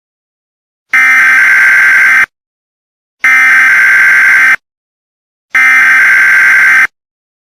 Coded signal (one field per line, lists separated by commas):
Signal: Emergency Alert System (SAME) tones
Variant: header bursts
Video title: EAS MOCK: station interference ￼